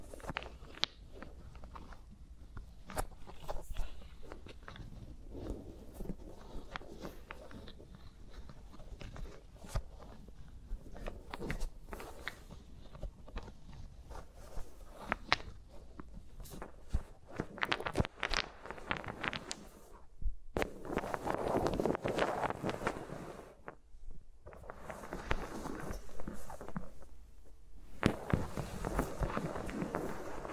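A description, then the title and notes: Fingers rub and tap against microphones in dense, irregular crackling scrapes, with louder bursts of rustling near twenty and twenty-eight seconds. ASMR with Mics Around My Fingers (No Talking).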